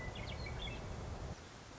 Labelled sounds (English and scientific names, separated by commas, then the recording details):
Western Meadowlark (Sturnella neglecta)
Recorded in Sonoma County, California